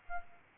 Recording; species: mosquito wingbeat signal from an infrared sensor; Aedes albopictus